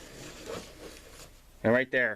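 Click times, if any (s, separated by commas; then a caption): none. The outer magnet of an outlet-cutout marking tool is slid around on the face of the drywall, searching for the inner magnet fitted in the outlet box behind it, making soft rubbing and scraping sounds with no hit. Someone then talks briefly near the end. Nothing has snapped on or clicked yet.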